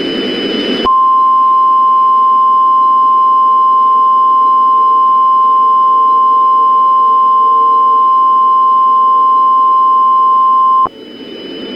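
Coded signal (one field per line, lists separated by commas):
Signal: Emergency Alert System (SAME) tones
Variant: 1050 Hz attention tone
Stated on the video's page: A fictional EAS scenario of a tornado on the Carolina coast, with loud tones.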